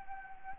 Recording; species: mosquito wingbeat signal from an infrared sensor; Anopheles gambiae